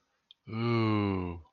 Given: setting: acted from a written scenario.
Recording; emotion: vocal sound without words; awe